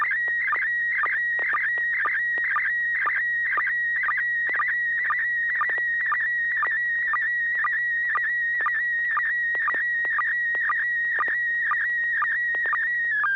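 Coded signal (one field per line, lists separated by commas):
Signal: SSTV (slow-scan television)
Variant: PD120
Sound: steady warbling high tone with a short low blip about twice per second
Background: low hum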